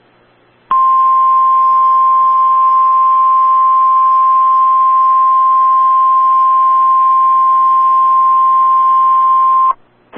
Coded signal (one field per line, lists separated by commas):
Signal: Emergency Alert System (SAME) tones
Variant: 1050 Hz attention tone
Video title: 4/23/22 - Severe Thunderstorm Warning on WXK85 (EAS #451)